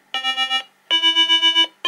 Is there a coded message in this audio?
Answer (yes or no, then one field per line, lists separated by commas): no